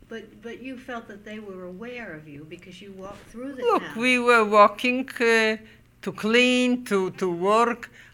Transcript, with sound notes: But you felt that they were aware of you because you walked through the town.
( she raises her voice ) Look, we were walking to clean, to work.